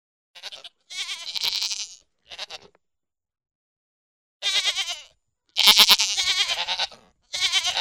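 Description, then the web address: Pygmy goat bleats in a series, quavering, short and long calls alternating with a pause in the middle. "Goats -Pigmy"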